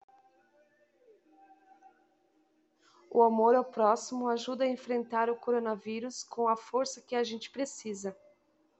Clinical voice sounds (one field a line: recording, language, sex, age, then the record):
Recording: spoken sentence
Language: Brazilian Portuguese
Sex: female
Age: 30 to 39 years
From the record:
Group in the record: control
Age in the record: 38 years